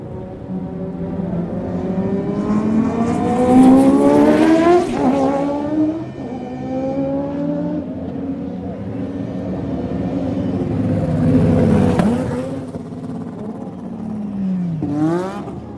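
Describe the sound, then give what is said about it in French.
Race cars accelerate out of the pit lane one after another, each engine's loud, buzzing roar climbing steeply in pitch as it revs through the gears, with no voices. “Sortie des stands.”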